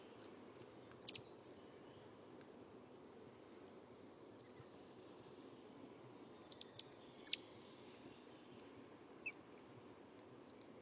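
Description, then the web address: Bird calls in short bursts of very high thin chirps and squeaky notes, coming every few seconds over a low steady hum. "cianscape. Deverinetal 2025. Bird Only"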